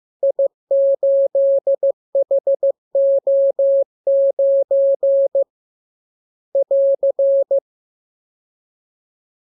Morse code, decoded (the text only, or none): I8HO9 <AR>